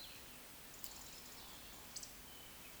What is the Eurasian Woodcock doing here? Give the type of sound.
whistle, croak